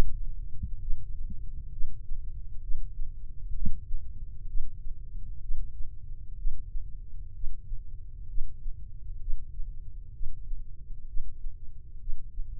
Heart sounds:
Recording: heart sounds by microphone in the left ear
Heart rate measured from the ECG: 64 bpm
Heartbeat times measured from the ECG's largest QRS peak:
0.82 s: heartbeat
1.73 s: heartbeat
2.63 s: heartbeat
3.56 s: heartbeat
4.48 s: heartbeat
5.42 s: heartbeat
6.38 s: heartbeat
7.35 s: heartbeat
8.29 s: heartbeat
9.21 s: heartbeat
10.14 s: heartbeat
11.08 s: heartbeat
12.01 s: heartbeat
From the record:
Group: healthy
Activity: breath hold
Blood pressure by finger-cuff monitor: 115/73 mmHg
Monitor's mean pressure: 85 mmHg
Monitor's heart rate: 64 bpm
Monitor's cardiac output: 3.4 L/min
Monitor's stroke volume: 53 mL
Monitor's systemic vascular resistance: 1780 dyn s/cm5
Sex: male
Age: 55 years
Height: 167 cm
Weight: 57.2 kg

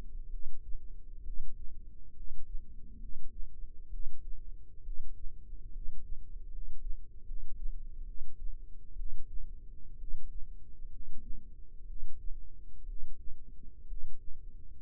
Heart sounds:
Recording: heart sounds by microphone in the left ear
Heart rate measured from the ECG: 66 bpm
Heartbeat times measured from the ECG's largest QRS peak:
0.27 s: heartbeat
1.21 s: heartbeat
2.11 s: heartbeat
2.96 s: heartbeat
3.87 s: heartbeat
4.80 s: heartbeat
5.69 s: heartbeat
6.47 s: heartbeat
7.22 s: heartbeat
8.02 s: heartbeat
8.93 s: heartbeat
9.95 s: heartbeat
10.87 s: heartbeat
11.83 s: heartbeat
12.83 s: heartbeat
13.84 s: heartbeat
14.78 s: heartbeat
From the record:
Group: healthy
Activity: rest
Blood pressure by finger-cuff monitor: 99/63 mmHg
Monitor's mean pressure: 74 mmHg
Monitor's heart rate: 66 bpm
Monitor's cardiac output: 7.3 L/min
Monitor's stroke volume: 108 mL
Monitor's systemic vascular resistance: 720 dyn s/cm5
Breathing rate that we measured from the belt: 14 breaths a minute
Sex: male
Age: 22 years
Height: 185 cm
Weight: 112.4 kg

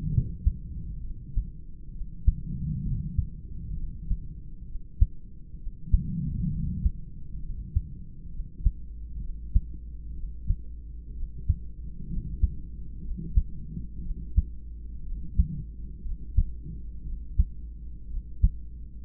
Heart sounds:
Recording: heart sounds by stethoscope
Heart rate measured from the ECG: 63 bpm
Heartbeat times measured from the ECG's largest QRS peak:
0.10 s: heartbeat
1.00 s: heartbeat
1.91 s: heartbeat
2.82 s: heartbeat
3.74 s: heartbeat
4.65 s: heartbeat
5.57 s: heartbeat
6.49 s: heartbeat
7.40 s: heartbeat
8.30 s: heartbeat
9.19 s: heartbeat
10.14 s: heartbeat
11.13 s: heartbeat
12.07 s: heartbeat
13.01 s: heartbeat
14.01 s: heartbeat
15.03 s: heartbeat
16.02 s: heartbeat
17.03 s: heartbeat
18.07 s: heartbeat
From the record:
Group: heart failure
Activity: rest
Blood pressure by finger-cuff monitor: 105/62 mmHg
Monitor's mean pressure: 78 mmHg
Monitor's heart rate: 65 bpm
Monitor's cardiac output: 4.4 L/min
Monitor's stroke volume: 67 mL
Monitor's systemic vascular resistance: 1310 dyn s/cm5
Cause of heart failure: idiopathic cardiomyopathy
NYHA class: 2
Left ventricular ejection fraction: 17%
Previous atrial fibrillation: present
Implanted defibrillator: present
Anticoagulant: edoxaban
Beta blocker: bisoprolol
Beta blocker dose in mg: 7.5 twice daily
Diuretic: furosemide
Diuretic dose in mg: 20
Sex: male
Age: 63 years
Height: 160 cm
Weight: 69 kg

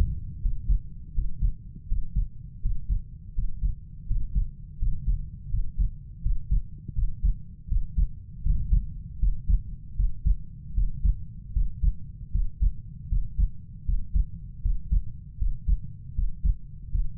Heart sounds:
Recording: heart sounds by stethoscope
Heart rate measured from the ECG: 80 bpm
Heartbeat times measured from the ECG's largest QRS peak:
0.43 s: heartbeat
1.16 s: heartbeat
1.90 s: heartbeat
2.63 s: heartbeat
3.36 s: heartbeat
4.09 s: heartbeat
4.80 s: heartbeat
5.52 s: heartbeat
6.24 s: heartbeat
6.96 s: heartbeat
7.70 s: heartbeat
8.44 s: heartbeat
9.21 s: heartbeat
9.98 s: heartbeat
10.76 s: heartbeat
11.55 s: heartbeat
12.33 s: heartbeat
13.11 s: heartbeat
13.87 s: heartbeat
14.64 s: heartbeat
15.40 s: heartbeat
16.17 s: heartbeat
16.93 s: heartbeat
From the record:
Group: healthy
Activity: breath hold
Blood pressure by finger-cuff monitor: 146/89 mmHg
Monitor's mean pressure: 107 mmHg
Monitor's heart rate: 81 bpm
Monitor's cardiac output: 6.3 L/min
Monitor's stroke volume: 80 mL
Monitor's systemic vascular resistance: 1230 dyn s/cm5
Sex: male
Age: 21 years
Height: 175 cm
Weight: 72.6 kg

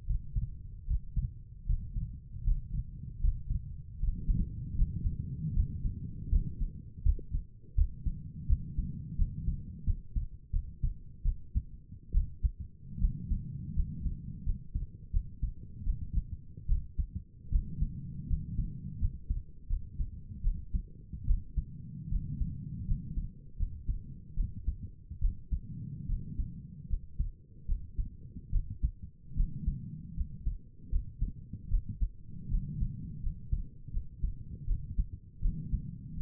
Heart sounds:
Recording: heart sounds by stethoscope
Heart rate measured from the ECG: 78 bpm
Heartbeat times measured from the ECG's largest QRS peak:
0.06 s: heartbeat
0.87 s: heartbeat
1.66 s: heartbeat
2.44 s: heartbeat
3.21 s: heartbeat
4.00 s: heartbeat
4.75 s: heartbeat
5.54 s: heartbeat
6.30 s: heartbeat
7.04 s: heartbeat
7.76 s: heartbeat
8.48 s: heartbeat
9.17 s: heartbeat
9.85 s: heartbeat
10.52 s: heartbeat
11.24 s: heartbeat
12.13 s: heartbeat
13.00 s: heartbeat
13.75 s: heartbeat
14.45 s: heartbeat
15.12 s: heartbeat
15.85 s: heartbeat
16.68 s: heartbeat
17.51 s: heartbeat
18.29 s: heartbeat
19.00 s: heartbeat
19.69 s: heartbeat
20.43 s: heartbeat
21.27 s: heartbeat
22.10 s: heartbeat
22.87 s: heartbeat
23.58 s: heartbeat
24.36 s: heartbeat
25.21 s: heartbeat
26.08 s: heartbeat
26.89 s: heartbeat
27.67 s: heartbeat
28.52 s: heartbeat
29.36 s: heartbeat
30.16 s: heartbeat
30.91 s: heartbeat
31.70 s: heartbeat
32.50 s: heartbeat
33.22 s: heartbeat
33.92 s: heartbeat
34.67 s: heartbeat
35.42 s: heartbeat
36.16 s: heartbeat
From the record:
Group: healthy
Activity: Valsalva maneuver 0-5 s, rest 5-36 s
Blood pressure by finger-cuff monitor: 90/59 mmHg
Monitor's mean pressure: 67 mmHg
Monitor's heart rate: 78 bpm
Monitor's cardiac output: 5.9 L/min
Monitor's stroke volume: 75 mL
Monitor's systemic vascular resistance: 790 dyn s/cm5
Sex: female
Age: 22 years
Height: 163 cm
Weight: 67.1 kg

